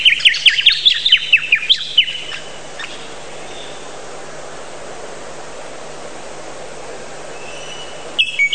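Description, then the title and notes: Bird chirping: a rapid run of loud, high, downward-slurred chirps for two seconds, then quiet hiss, and a few final chirps at the end. Many different bird sounds. "Bird Sound Effects पक्षी लगता है. lots of different bird sounds"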